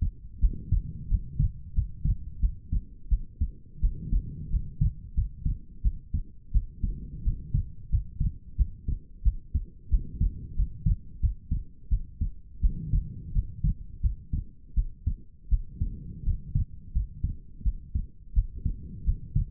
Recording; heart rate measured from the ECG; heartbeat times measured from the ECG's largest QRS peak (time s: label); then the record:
heart sounds by stethoscope; 87 bpm
0.40 s: heartbeat
1.08 s: heartbeat
1.73 s: heartbeat
2.40 s: heartbeat
3.08 s: heartbeat
3.80 s: heartbeat
4.50 s: heartbeat
5.14 s: heartbeat
5.82 s: heartbeat
6.52 s: heartbeat
7.23 s: heartbeat
7.89 s: heartbeat
8.56 s: heartbeat
9.23 s: heartbeat
9.89 s: heartbeat
10.55 s: heartbeat
11.20 s: heartbeat
11.89 s: heartbeat
12.60 s: heartbeat
13.32 s: heartbeat
14.01 s: heartbeat
14.74 s: heartbeat
15.49 s: heartbeat
16.23 s: heartbeat
16.92 s: heartbeat
17.63 s: heartbeat
18.33 s: heartbeat
19.04 s: heartbeat
From the record:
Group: healthy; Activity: rest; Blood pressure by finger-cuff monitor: 76/53 mmHg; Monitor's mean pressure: 62 mmHg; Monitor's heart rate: 86 bpm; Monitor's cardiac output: 7 L/min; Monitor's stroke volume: 80 mL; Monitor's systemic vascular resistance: 630 dyn s/cm5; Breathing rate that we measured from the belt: 20 breaths a minute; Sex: female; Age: 19 years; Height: 163 cm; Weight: 48.9 kg